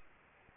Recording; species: mosquito wingbeat signal from an infrared sensor; Aedes albopictus